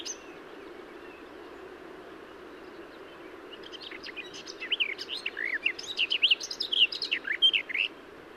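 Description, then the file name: Garden warbler: quiet at first, then a rich, fast, continuous warbling phrase of varied chirps builds in the second half. "Garden-Warbler- -Sylvia-borin"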